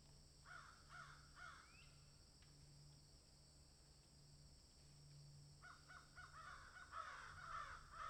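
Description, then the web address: Crow caws: a quick run of harsh calls early, a pause, then a busier overlapping burst of cawing near the end, over a low steady hum. Several crows cawing in a field. "Debarup Travel Films 27-Crows Caw in Field"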